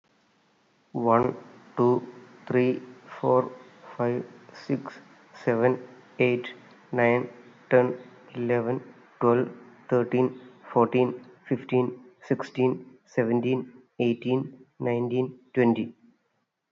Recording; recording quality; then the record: counting at a normal pace; excellent, no background noise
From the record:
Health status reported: healthy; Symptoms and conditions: none ticked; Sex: male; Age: 42 years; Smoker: not ticked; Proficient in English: yes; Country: India